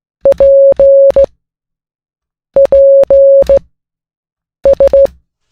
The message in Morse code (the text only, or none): PPS